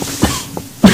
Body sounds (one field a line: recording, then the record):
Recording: coughing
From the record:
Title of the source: Spring Allergy Coughing